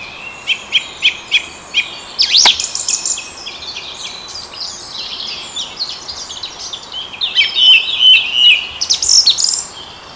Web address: vogel sounds turdus philomelos